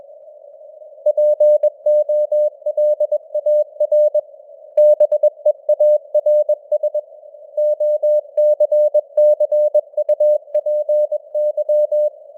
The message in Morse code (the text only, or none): POLAR BEARS OCCUPY